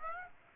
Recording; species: mosquito wingbeat signal from an infrared sensor; Aedes aegypti